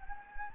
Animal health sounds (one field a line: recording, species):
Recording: mosquito wingbeat signal from an infrared sensor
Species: Anopheles gambiae